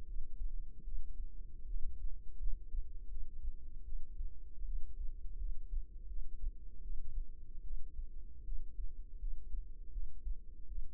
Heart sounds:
heart sounds by microphone in the right ear; 79 bpm
0.05 s: heartbeat
0.84 s: heartbeat
1.66 s: heartbeat
2.39 s: heartbeat
3.09 s: heartbeat
3.84 s: heartbeat
4.65 s: heartbeat
5.37 s: heartbeat
6.07 s: heartbeat
6.81 s: heartbeat
7.63 s: heartbeat
8.44 s: heartbeat
9.19 s: heartbeat
9.91 s: heartbeat
10.67 s: heartbeat
From the record:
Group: healthy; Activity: rest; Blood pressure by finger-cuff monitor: 140/82 mmHg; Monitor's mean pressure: 102 mmHg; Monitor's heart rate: 81 bpm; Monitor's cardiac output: 7.4 L/min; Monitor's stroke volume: 93 mL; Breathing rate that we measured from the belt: 17 breaths a minute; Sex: female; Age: 22 years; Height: 161 cm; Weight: 65.5 kg

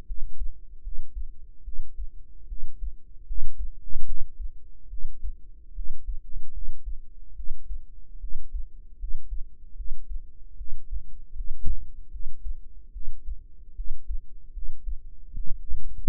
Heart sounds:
heart sounds by microphone in the right ear; 75 bpm
0.06 s: heartbeat
0.82 s: heartbeat
1.63 s: heartbeat
2.47 s: heartbeat
3.26 s: heartbeat
4.05 s: heartbeat
4.89 s: heartbeat
5.74 s: heartbeat
6.52 s: heartbeat
7.35 s: heartbeat
8.20 s: heartbeat
8.98 s: heartbeat
9.76 s: heartbeat
10.57 s: heartbeat
11.34 s: heartbeat
12.10 s: heartbeat
12.92 s: heartbeat
13.75 s: heartbeat
14.52 s: heartbeat
15.35 s: heartbeat
From the record:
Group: healthy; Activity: rest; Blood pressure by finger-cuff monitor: 100/54 mmHg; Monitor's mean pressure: 70 mmHg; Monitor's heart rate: 75 bpm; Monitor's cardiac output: 7.2 L/min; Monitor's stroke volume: 97 mL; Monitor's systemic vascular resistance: 690 dyn s/cm5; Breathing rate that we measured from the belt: 22 breaths a minute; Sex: female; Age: 19 years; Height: 163 cm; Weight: 48.9 kg

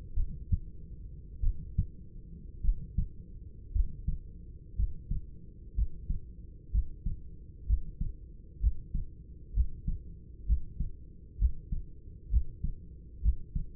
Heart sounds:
heart sounds by stethoscope; 60 bpm
0.15 s: heartbeat
1.41 s: heartbeat
2.61 s: heartbeat
3.72 s: heartbeat
4.75 s: heartbeat
5.74 s: heartbeat
6.71 s: heartbeat
7.66 s: heartbeat
8.59 s: heartbeat
9.53 s: heartbeat
10.45 s: heartbeat
11.37 s: heartbeat
12.29 s: heartbeat
13.21 s: heartbeat
From the record:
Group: healthy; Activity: rest 0-6 s, Valsalva maneuver 6-14 s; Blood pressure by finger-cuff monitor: 131/66 mmHg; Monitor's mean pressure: 80 mmHg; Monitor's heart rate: 61 bpm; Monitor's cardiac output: 5.7 L/min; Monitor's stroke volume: 97 mL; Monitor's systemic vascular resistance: 1090 dyn s/cm5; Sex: male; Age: 25 years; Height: 170 cm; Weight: 70.4 kg

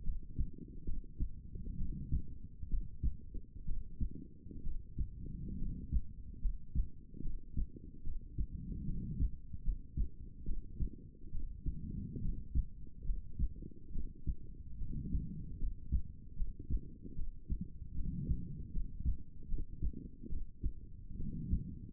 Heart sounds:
heart sounds by stethoscope; 71 bpm
0.02 s: heartbeat
0.84 s: heartbeat
1.76 s: heartbeat
2.68 s: heartbeat
3.64 s: heartbeat
4.62 s: heartbeat
5.56 s: heartbeat
6.39 s: heartbeat
7.20 s: heartbeat
8.02 s: heartbeat
8.84 s: heartbeat
9.62 s: heartbeat
10.44 s: heartbeat
11.30 s: heartbeat
12.19 s: heartbeat
13.03 s: heartbeat
13.91 s: heartbeat
14.76 s: heartbeat
15.57 s: heartbeat
16.35 s: heartbeat
17.14 s: heartbeat
17.93 s: heartbeat
18.71 s: heartbeat
19.47 s: heartbeat
20.28 s: heartbeat
21.15 s: heartbeat
From the record:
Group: healthy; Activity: rest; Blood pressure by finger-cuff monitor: 119/69 mmHg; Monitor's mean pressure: 87 mmHg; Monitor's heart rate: 72 bpm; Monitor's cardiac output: 7 L/min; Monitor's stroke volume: 98 mL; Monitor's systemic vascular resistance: 910 dyn s/cm5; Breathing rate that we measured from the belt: 19 breaths a minute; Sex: female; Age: 23 years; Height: 160 cm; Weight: 50.4 kg

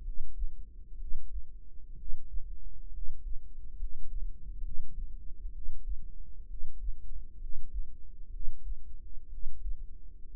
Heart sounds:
heart sounds by microphone in the right ear; 64 bpm
0.95 s: heartbeat
1.93 s: heartbeat
2.89 s: heartbeat
3.74 s: heartbeat
4.60 s: heartbeat
5.50 s: heartbeat
6.45 s: heartbeat
7.36 s: heartbeat
8.28 s: heartbeat
9.27 s: heartbeat
10.28 s: heartbeat
From the record:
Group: healthy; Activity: rest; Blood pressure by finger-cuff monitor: 108/68 mmHg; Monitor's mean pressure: 80 mmHg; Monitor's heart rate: 65 bpm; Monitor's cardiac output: 5.4 L/min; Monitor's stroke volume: 83 mL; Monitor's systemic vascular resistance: 1080 dyn s/cm5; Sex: female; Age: 22 years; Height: 171 cm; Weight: 65.6 kg

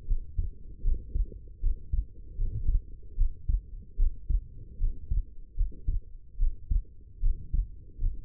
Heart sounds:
heart sounds by stethoscope; 76 bpm
0.06 s: heartbeat
0.83 s: heartbeat
1.61 s: heartbeat
2.36 s: heartbeat
3.16 s: heartbeat
3.97 s: heartbeat
4.79 s: heartbeat
5.56 s: heartbeat
6.38 s: heartbeat
7.21 s: heartbeat
7.99 s: heartbeat
From the record:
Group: healthy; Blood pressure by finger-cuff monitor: 89/56 mmHg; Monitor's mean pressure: 66 mmHg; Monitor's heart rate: 76 bpm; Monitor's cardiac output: 5.9 L/min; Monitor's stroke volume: 76 mL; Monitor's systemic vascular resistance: 780 dyn s/cm5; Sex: female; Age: 19 years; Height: 163 cm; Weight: 51 kg

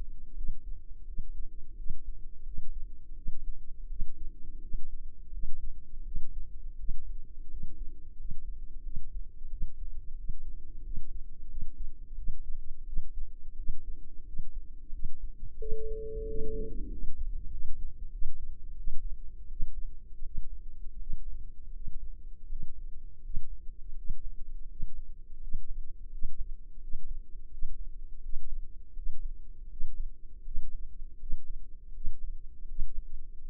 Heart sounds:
heart sounds by microphone in the left ear; 85 bpm
0.34 s: heartbeat
1.05 s: heartbeat
1.75 s: heartbeat
2.44 s: heartbeat
3.14 s: heartbeat
3.87 s: heartbeat
4.60 s: heartbeat
5.30 s: heartbeat
6.03 s: heartbeat
6.76 s: heartbeat
7.48 s: heartbeat
8.16 s: heartbeat
8.82 s: heartbeat
9.48 s: heartbeat
10.15 s: heartbeat
10.82 s: heartbeat
11.47 s: heartbeat
12.15 s: heartbeat
12.84 s: heartbeat
13.55 s: heartbeat
14.24 s: heartbeat
14.90 s: heartbeat
15.58 s: heartbeat
16.26 s: heartbeat
16.89 s: heartbeat
17.50 s: heartbeat
18.11 s: heartbeat
18.75 s: heartbeat
19.48 s: heartbeat
20.23 s: heartbeat
20.98 s: heartbeat
21.72 s: heartbeat
22.47 s: heartbeat
23.22 s: heartbeat
23.95 s: heartbeat
24.67 s: heartbeat
25.39 s: heartbeat
26.10 s: heartbeat
26.80 s: heartbeat
27.50 s: heartbeat
28.21 s: heartbeat
28.94 s: heartbeat
29.68 s: heartbeat
30.43 s: heartbeat
31.18 s: heartbeat
31.93 s: heartbeat
32.67 s: heartbeat
33.41 s: heartbeat
From the record:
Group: healthy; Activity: rest 0-18 s, breath hold 18-34 s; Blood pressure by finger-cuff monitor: 98/57 mmHg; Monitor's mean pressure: 75 mmHg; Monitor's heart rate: 86 bpm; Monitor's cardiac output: 8.1 L/min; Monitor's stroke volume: 93 mL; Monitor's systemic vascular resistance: 650 dyn s/cm5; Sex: female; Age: 24 years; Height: 163 cm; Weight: 55.7 kg

